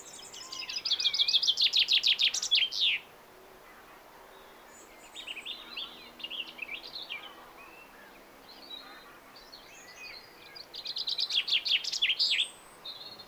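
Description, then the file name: Common chaffinch delivering two rattling song phrases ending in a flourish, with softer chirps in the gap between them. "Fringilla coelebs"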